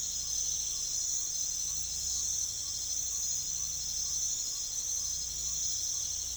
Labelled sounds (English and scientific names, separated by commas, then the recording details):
none
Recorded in pastures near Puerto Asís, Putumayo, Colombia, on 21 December 2024 at 01:00
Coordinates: 0.487, -76.322
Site GP09